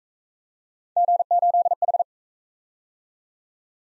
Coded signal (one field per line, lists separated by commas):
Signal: Morse code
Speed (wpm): 41 wpm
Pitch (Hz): 700 Hz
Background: none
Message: G8H